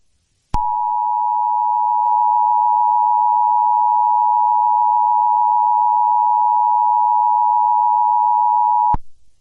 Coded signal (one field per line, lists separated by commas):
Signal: Emergency Alert System (SAME) tones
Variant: 853 and 960 Hz attention tone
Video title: eas scenario hal as grimlock ep3